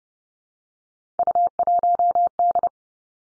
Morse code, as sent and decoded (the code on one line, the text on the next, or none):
..- .---- -..
U1D